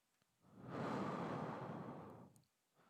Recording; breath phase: one breath near a microphone; exhalation